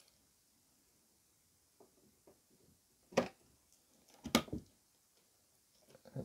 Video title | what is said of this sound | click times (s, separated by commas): How to build a PC - Gigabyte Z390 AORUS PRO Wifi and ASUS RTX 2080 Ti | just push it in until it clicks it's | 3.2 s, 4.3 s